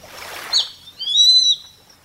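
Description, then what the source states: Grey-faced buzzard gives a single clear whistled call, a short sharp note slurring into a longer drawn-out whistle, after a brief rush of noise. Kamishima, Mie Prefecture, Japan.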